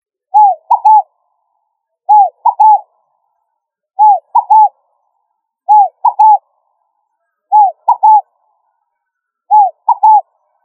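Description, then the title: Pigeon cooing, a short low double or triple coo phrase repeated at a steady pace, six phrases in all, with near silence between. Family Columbidae. "Familia Columbidae Pomba"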